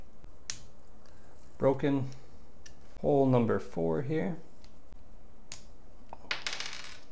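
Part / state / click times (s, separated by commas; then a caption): M3 machine screw in a printed plastic hole / stripped / 6.3 s. An M3 machine screw is driven directly into the fourth hole of a 2.6 mm 3D printed plastic test piece while someone talks. Sharp cracking sounds are heard around 6.3 s as the part splits open and the screw strips out of the hole.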